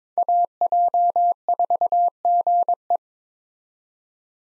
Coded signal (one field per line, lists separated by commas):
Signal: Morse code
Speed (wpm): 22 wpm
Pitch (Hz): 700 Hz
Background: none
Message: AJ4GE